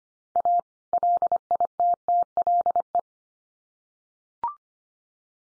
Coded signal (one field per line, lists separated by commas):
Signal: Morse code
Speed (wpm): 25 wpm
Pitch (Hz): 700 Hz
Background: none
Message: A LITTLE